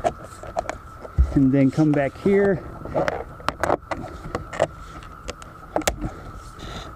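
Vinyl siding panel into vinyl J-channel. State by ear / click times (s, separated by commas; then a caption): seated / 5.8 s, 5.9 s. A vinyl siding panel is worked across and snapped into a vinyl J-channel at the gable end while someone talks, with scattered sharp taps and knocks along the way. Two snaps at 5.8 and 5.9 seconds mark the panel seating into place.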